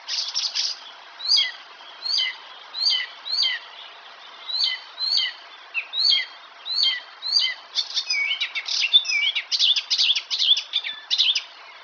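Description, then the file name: Icterine warbler song: short repeated chattering motifs about once per second, then a dense burst of jumbled squeaky, scratchy and whistled notes toward the end. "Härmsångare - Hippolais icterina"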